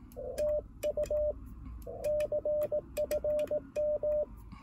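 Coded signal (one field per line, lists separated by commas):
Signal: Morse code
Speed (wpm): 18 wpm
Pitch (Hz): 600 Hz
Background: radio noise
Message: TU CFM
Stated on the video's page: Beginner CW contact on 28 MHz at 18 WPM, IC-705 at 10W into a carbon fishing-rod wire antenna; other station used 4-element Yagi; conditions faded near the end.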